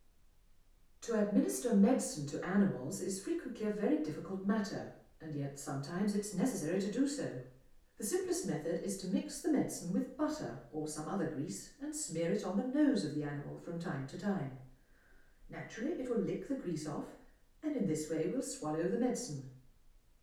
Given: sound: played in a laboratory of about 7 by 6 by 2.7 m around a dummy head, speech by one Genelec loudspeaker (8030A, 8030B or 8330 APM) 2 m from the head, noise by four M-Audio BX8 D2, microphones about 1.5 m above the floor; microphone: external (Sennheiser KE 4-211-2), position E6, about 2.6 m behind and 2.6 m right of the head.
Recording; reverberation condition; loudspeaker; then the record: female speech in English; medium; in front (0 degrees)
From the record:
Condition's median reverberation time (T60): about 510 ms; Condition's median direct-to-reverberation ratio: about -0.5 dB